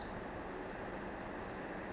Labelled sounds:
Pacific Wren
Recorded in Sonoma County, California

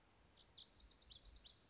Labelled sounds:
Lazuli Bunting
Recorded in Sonoma County, California

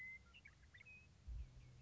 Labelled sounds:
Western Meadowlark
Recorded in Sonoma County, California

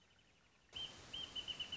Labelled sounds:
Wrentit
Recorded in Sonoma County, California

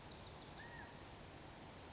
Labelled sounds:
California Quail
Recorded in Sonoma County, California

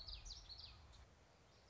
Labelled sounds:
Common Yellowthroat
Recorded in Sonoma County, California

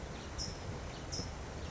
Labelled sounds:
California Towhee
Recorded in Sonoma County, California

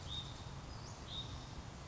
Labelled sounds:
Hutton's Vireo
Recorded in Sonoma County, California

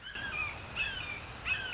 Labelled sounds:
Red-shouldered Hawk
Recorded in Sonoma County, California

